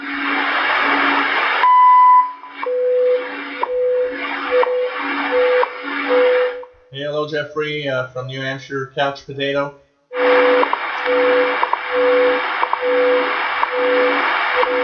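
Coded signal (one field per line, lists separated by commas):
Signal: radio time signal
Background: speech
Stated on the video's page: Heard while tuning the shortwave bands on a live shortwave radio show.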